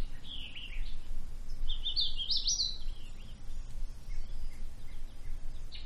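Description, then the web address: Bird song, a few brief high chirping phrases with quick rising and falling notes, set against a hushed outdoor background with a soft low rumble. Quiet woodland ambience. "Manhattan Production Music. Woods Quiet Bird Song Cricket"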